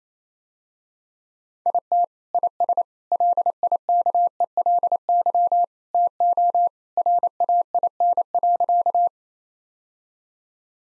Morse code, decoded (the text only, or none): IT IS LIKELY TO RAIN.